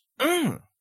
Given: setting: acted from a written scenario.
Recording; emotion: vocal sound without words; pain